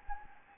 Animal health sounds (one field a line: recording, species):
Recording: mosquito wingbeat signal from an infrared sensor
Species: Anopheles gambiae